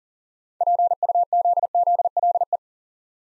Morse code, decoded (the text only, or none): PUZZLE